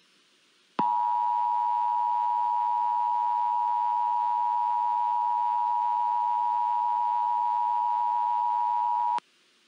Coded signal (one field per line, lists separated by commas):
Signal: Emergency Alert System (SAME) tones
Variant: 853 and 960 Hz attention tone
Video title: EAS Scenario #6: La Palma Tsunami